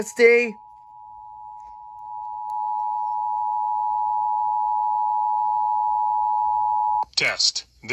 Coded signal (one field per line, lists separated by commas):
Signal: Emergency Alert System (SAME) tones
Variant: 853 and 960 Hz attention tone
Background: speech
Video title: EAS 2627-2631: Pennsylvania Required Monthly Test for September